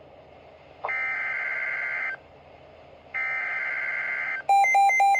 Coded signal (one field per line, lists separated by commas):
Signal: Emergency Alert System (SAME) tones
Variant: header bursts